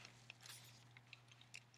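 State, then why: Not seated. A telephoto lens is twisted onto the bayonet mount of a Canon Rebel DSLR camera body while held up close to the microphone. Faint handling scrapes and a few small, sharp ticks are heard around 0.1, 0.3, 1.1 and 1.6 seconds against a steady low hum. The lens has not locked into the mount yet, and nothing has clicked or seated.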